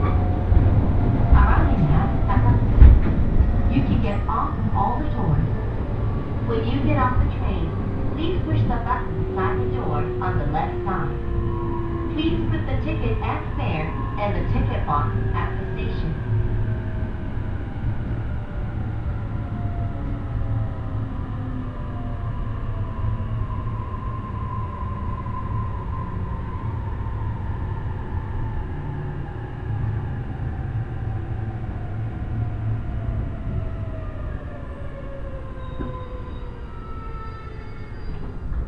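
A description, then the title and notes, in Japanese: Recorded aboard a train on a rail journey, a steady low rumble fills the cabin throughout. Motor whines slide gradually lower as the train slows. Scattered clicks and rattles come in the first fifteen seconds, then the ride grows smoother and slightly quieter. 鉄道旅 東北本線 黒磯→新白河。現在は両方に対応した電車での運行となっており、かつて常磐線で走っていた電車が割り当てられています。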